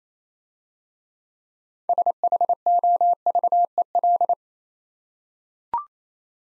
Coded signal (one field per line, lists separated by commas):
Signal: Morse code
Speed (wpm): 27 wpm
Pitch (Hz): 700 Hz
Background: none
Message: SHOVEL